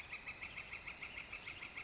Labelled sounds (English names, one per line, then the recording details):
Northern Flicker
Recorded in Sonoma County, California